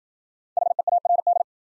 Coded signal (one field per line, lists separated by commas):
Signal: Morse code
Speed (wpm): 53 wpm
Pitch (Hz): 700 Hz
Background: none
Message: HEARD